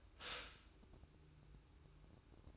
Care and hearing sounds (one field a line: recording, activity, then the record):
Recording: daily activity, microphone in the room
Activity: stop toaster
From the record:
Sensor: 2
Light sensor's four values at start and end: 6/13/5/5 and 6/13/5/5